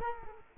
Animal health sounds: mosquito wingbeat signal from an infrared sensor; Culex quinquefasciatus

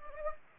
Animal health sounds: mosquito wingbeat signal from an infrared sensor; Anopheles gambiae

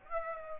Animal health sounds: mosquito wingbeat signal from an infrared sensor; Aedes aegypti

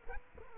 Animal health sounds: mosquito wingbeat signal from an infrared sensor; Culex quinquefasciatus

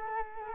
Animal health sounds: mosquito wingbeat signal from an infrared sensor; Culex quinquefasciatus

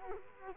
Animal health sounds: mosquito wingbeat signal from an infrared sensor; Culex quinquefasciatus

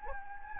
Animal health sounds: mosquito wingbeat signal from an infrared sensor; Anopheles gambiae

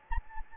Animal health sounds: mosquito wingbeat signal from an infrared sensor; Anopheles gambiae

